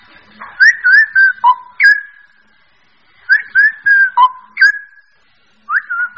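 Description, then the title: Bird song of loud, clear whistled phrases of rising and falling notes: two phrases of about five notes each, separated by a pause, then another phrase begins. Mixed birds. "manuk campur"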